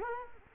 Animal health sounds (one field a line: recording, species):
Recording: mosquito wingbeat signal from an infrared sensor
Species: Culex quinquefasciatus